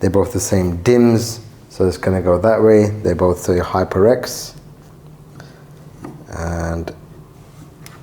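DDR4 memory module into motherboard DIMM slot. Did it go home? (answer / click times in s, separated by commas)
no / none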